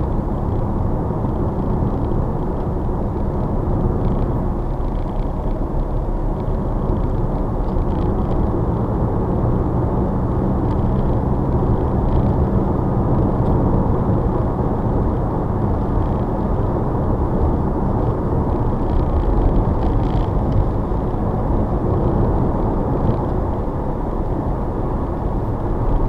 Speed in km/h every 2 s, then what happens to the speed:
63, 61, 63, 66, 66, 69, 74, 74, 74, 76, 76, 77, 74.
0-8 steady at about 63. 8-12 speeds up to 74. 12-26 steady at about 74.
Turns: none.